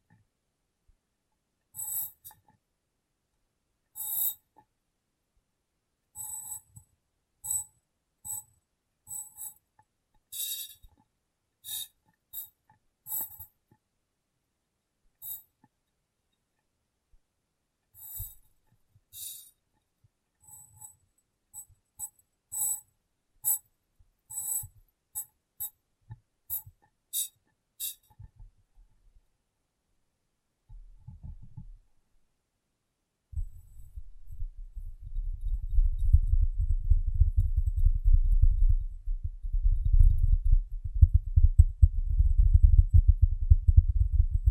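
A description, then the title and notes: Sharp bright glass taps come in scattered bursts for about thirty seconds. After a pause, a dense low rumbling rubbing runs to the end. ASMR Glass Brain Tapping & Cleaning (No Talking).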